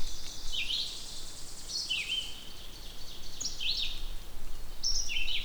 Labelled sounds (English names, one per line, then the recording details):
Red-eyed Vireo song
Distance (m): 15 m
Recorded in boreal forest in Alberta, Canada, on 2 June 2016 at 08:33
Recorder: SongMeter 3, array SBT-3-7
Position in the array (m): 306 m, 30 m